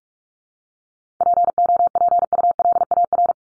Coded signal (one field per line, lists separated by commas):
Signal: Morse code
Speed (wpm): 44 wpm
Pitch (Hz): 700 Hz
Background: none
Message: POPULAR